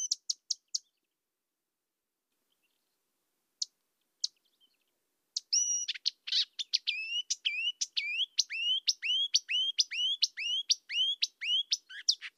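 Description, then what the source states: Marsh warbler: a few sharp high notes, a pause, then a long, rapid series of repeated hooked notes, with no other sounds. Nominate subspecies Acrocephalus palustris palustris.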